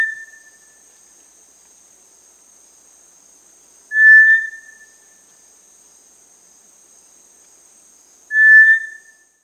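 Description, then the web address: Cinereous Tinamou call, a single clear level whistle repeated about every four seconds, three notes in all over a quiet background. Recorded in Peru. "Birds of the Amazon 1. Cinereous Tinamou (Crypturellus cinereus), Peru"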